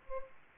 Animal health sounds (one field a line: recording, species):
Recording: mosquito wingbeat signal from an infrared sensor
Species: Culex pipiens